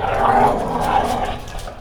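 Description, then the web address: Dog growling, a sustained, rough, rumbling snarl lasting nearly two seconds, loud and unbroken, dropping slightly at the very end. "3 D Sound - 3 D Keys VOL-1 Partition G MEAN 3 D DOG"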